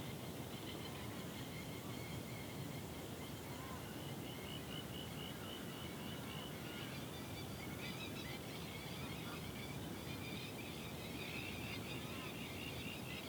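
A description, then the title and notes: An evening swamp chorus, a steady, dense wash of calls holding at an even level for the whole stretch. A shimmering band of rapid, pulsing trills sits high, over a constant low rumble, with a few faint chirps surfacing now and then. The dusk chorus at our local swamp on Phillip Island. Starts with the last birds of the day before the frogs start up for the night. Recorded in Spring 2021.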